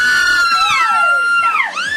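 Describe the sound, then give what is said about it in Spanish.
A crowd of fans screams and cheers for a band member, continuously, many high-pitched voices overlapping in loud, shrill wails that rise and fall for about two seconds. “Vamos a darle los gritos”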